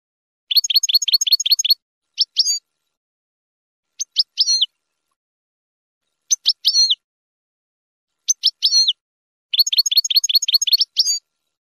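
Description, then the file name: Finch song: rapid bursts of high chirps at the start and end, with short groups of upswept whistled notes about every two seconds in between, on a silent background. "sound finch mouth moghom"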